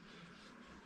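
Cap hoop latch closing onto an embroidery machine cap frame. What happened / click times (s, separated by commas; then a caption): The latch is being handled and has not yet snapped home / none. A cap hoop latch is handled as it is being closed onto the cap frame of an embroidery machine during this 0.9-second clip. Only a steady, even hiss with a low hum around 200 Hz is heard, with no sharp sounds. Nothing has seated or clicked yet.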